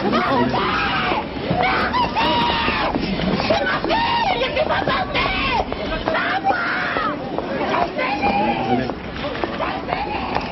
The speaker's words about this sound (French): La mère ne peut retenir ses larmes et ses cris.